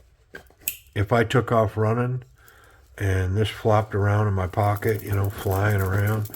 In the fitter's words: hear that snap coming out of there you know